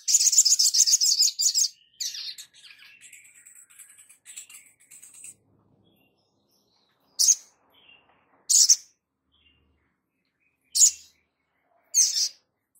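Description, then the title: Spiderhunter song: a dense high trill opening, then softer thin twittering phrases, followed by four sharp high chips spaced one to two seconds apart. Masteran (training recording for cage birds), Labaik variant. "Sogok Ontong Labaik"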